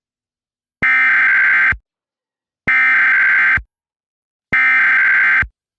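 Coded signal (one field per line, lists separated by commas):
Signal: Emergency Alert System (SAME) tones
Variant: header bursts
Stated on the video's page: Fictional EAS scenario recreating tones on an AT&T U-verse cable provider alert, with updated audio.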